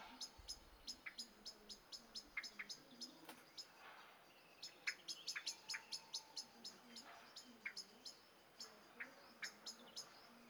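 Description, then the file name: Common blackbird call series: rapid clicking chinks repeated throughout, mixed with occasional lower, softer notes over faint background hiss. "Turdus merula"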